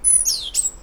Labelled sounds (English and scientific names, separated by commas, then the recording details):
Stitchbird (Notiomystis cincta) song
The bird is a male
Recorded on Tiritiri Matangi Island, New Zealand, in 2005
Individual 1, of nest box 1